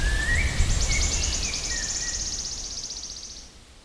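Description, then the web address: Wood warbler trill: quick, even, high-pitched pulses running for about three seconds and fading at the end, over lower gliding whistles. "linnut sirittaja"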